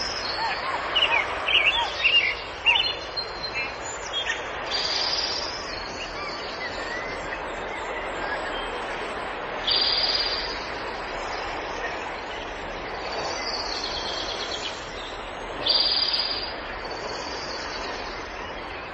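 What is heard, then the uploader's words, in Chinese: Sea sounds and birdsong. A dense, steady, full wash of surf runs throughout. Bright, high chirping bursts cluster in the first three seconds, then return briefly around 5, 10, 14 and 16 seconds. 海声鸟鸣。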